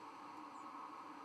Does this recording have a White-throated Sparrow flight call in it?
no